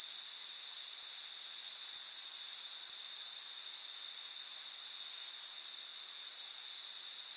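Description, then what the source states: Cricket song: a shrill, regular pulsed trill, continuous throughout, over a quiet hiss. Crickets at night in an urban setting in the USA.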